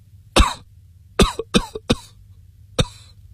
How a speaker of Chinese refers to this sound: 刘相公说完又是一阵剧烈咳嗽，好容易咳定，喘着气